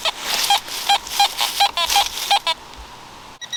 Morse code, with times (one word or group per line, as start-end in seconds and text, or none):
none